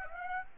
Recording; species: mosquito wingbeat signal from an infrared sensor; Aedes aegypti